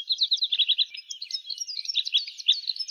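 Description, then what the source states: Red crossbill calls: a dense, rapid run of short, sharp metallic chirps, many overlapping notes repeated continuously at high pitch with no other sounds. Slovenia.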